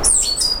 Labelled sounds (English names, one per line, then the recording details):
Stitchbird song
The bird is a male
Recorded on Tiritiri Matangi Island, New Zealand, in 2005
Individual 9, of nest box 11